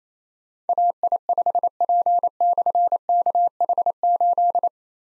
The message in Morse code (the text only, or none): AI5P/KH8